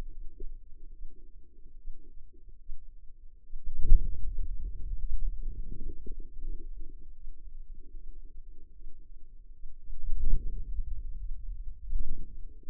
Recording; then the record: forearm muscle sounds (acoustic myography)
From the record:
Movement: hand closing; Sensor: system 2, bracelet of six BSWA MPA416 microphones around the upper forearm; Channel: 1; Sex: female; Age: 25 years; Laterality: right